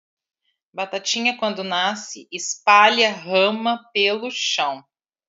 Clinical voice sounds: short text; Brazilian Portuguese; male; 60 to 69 years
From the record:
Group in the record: control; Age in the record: 62 years

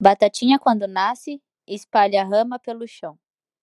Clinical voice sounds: short text; Brazilian Portuguese; female; 20 to 29 years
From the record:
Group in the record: control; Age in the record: 25 years

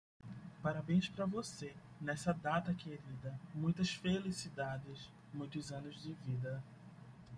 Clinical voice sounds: short text; Brazilian Portuguese; male; 20 to 29 years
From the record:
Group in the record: control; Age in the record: 25 years

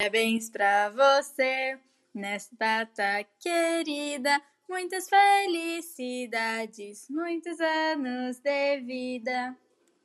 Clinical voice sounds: short text; Brazilian Portuguese; female; 18 to 19 years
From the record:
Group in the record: control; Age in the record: 18 years

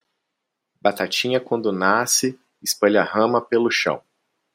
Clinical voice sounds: short text; Brazilian Portuguese; male; 30 to 39 years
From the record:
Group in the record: control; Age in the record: 32 years

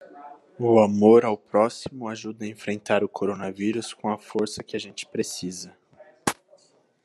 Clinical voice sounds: spoken sentence; Brazilian Portuguese; male; 20 to 29 years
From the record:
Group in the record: control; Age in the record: 22 years

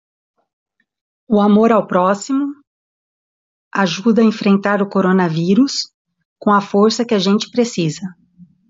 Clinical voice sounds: spoken sentence; Brazilian Portuguese; female; 40 to 49 years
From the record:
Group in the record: control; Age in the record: 47 years

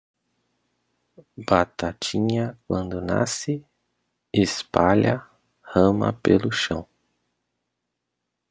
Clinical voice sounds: short text; Brazilian Portuguese; male; 30 to 39 years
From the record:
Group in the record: control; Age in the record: 34 years

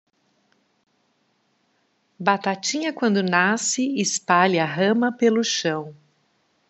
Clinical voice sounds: short text; Brazilian Portuguese; female; 40 to 49 years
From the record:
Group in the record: control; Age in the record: 45 years

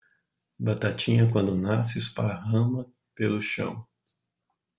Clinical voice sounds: short text; Brazilian Portuguese; male; 40 to 49 years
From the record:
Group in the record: control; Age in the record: 42 years

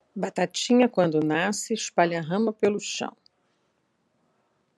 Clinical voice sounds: short text; Brazilian Portuguese; female; 60 to 69 years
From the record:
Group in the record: control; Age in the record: 69 years

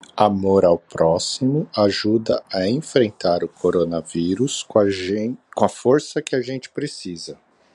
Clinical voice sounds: spoken sentence; Brazilian Portuguese; male; 30 to 39 years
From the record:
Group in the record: control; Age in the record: 35 years

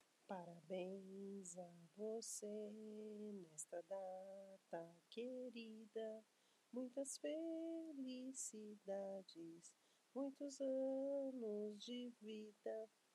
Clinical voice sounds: short text; Brazilian Portuguese; female; 40 to 49 years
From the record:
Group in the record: control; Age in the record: 41 years

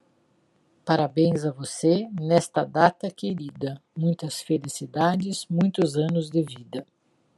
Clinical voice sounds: short text; Brazilian Portuguese; female; 50 to 59 years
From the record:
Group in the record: control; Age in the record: 59 years

